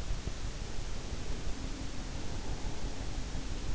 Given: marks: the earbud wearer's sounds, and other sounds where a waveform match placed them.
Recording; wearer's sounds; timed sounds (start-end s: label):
sounds in sleep by an in-ear microphone; breath
0.62-3.69 s: breath